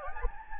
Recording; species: mosquito wingbeat signal from an infrared sensor; Anopheles gambiae